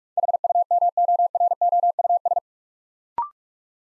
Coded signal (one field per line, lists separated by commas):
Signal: Morse code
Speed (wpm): 44 wpm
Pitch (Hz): 700 Hz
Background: none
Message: HUMOROUS